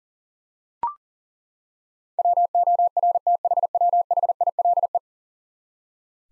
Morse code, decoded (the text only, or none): WORTHWHILE